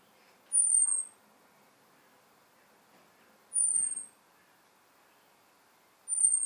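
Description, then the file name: European robin repeating a piercing high, slightly falling whistle roughly every three seconds, three notes in all. "Erithacus rubecula"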